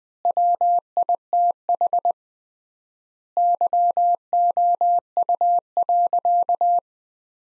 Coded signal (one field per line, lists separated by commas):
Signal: Morse code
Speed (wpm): 20 wpm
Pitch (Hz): 700 Hz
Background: none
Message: WITH YOU.